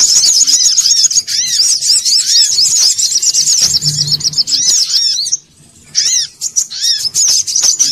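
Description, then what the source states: Sogok ontong song, a dense, very high stream of rapid chattering, arched notes and trills, with a brief pause. Bird-training (masteran) recording of the sogok ontong, titled Labaik.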